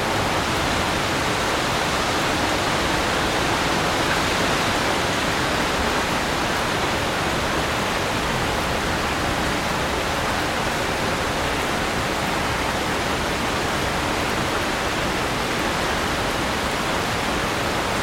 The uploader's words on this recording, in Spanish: En este episodio, hemos capturado una implacable tormenta en el centro de Londres. Son las 10 PM y la lluvia cae a raudales. Tormenta de lluvia en el centro de la ciudad. El constante y rítmico diluvio de la lluvia.